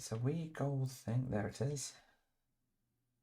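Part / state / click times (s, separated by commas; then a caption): small plastic arm piece onto gold brick element / not seated / none. A small plastic arm piece is being handled for attachment onto a gold brick element from a LEGO Star Trek USS Enterprise-D set. Someone talks for about two seconds, then the clip goes quiet. Nothing has clicked or seated yet.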